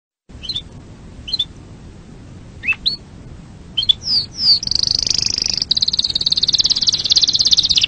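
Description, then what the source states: Canary song starting with scattered sharp chirps, then swooping whistles leading into a long, fast, even trill that runs to the end. Lively canary song used as training material for other birds to learn from.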